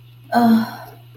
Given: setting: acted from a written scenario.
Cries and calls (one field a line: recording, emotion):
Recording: vocal sound without words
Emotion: ecstasy